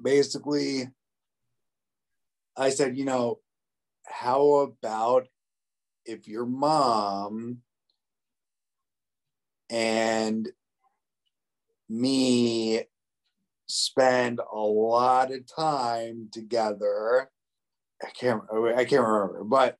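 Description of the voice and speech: An adult man with aphasia after a stroke speaks in short bursts broken by long pauses of one to two seconds, with prolonged sounds and a self-corrected restart on "I can't remember". The halting, effortful word-finding fits aphasia.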